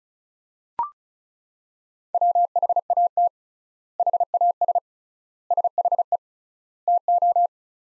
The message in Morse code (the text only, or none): WHAT HAS SHE TO